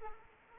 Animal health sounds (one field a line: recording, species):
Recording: mosquito wingbeat signal from an infrared sensor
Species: Anopheles arabiensis